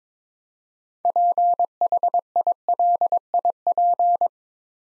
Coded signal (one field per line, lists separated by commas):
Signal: Morse code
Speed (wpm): 22 wpm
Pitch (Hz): 700 Hz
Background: none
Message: PHILIP